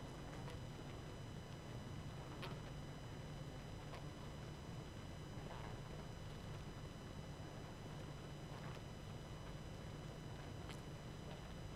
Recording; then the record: honeybee colony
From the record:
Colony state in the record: active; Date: 12 June 2018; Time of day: 21:31